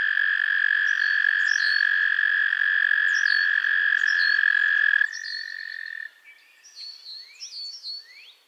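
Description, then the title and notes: Frogs trilling in chorus for about five seconds, then the trills thin and cut out, leaving scattered sweeping high chirps. A chorus of frogs crooning to one another on a summer evening at Miners Marsh, Annapolis Valley, Nova Scotia. "Theraphonia - Frogsong at Miners Marsh. A chorus of frogs croon to one another on an idyllic summer evening in Miners Marsh, Annapolis Valley, Nova Scotia"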